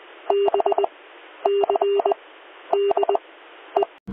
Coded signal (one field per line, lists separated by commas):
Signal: Morse code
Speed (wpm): 20 wpm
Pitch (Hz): 400 Hz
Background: none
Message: B C D E